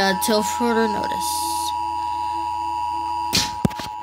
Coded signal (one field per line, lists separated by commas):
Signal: Emergency Alert System (SAME) tones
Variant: 853 and 960 Hz attention tone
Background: speech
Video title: Emergency alert system